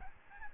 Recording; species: mosquito wingbeat signal from an infrared sensor; Aedes albopictus